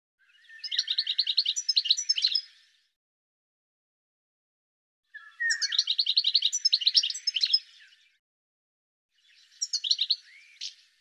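Bird song: three phrases of fast, high trilled chirps, the last one shorter, separated by quiet gaps.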